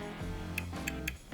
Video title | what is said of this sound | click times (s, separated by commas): Prep To Hunt Series, Week 1, Marksmanship, Part 1, Rifle Assembly and Setup | okay there's our clicks on our torque limiter | 0.6 s, 0.9 s, 1.1 s